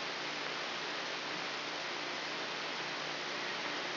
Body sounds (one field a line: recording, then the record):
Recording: brain microelectrode recording played as sound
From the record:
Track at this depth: inside the subthalamic nucleus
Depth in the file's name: 4.706 mm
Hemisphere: left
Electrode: 3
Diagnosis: Parkinson's disease